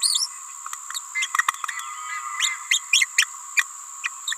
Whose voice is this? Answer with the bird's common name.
Green-rumped Parrotlet